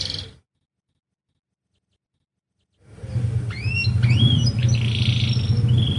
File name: kenari lancashire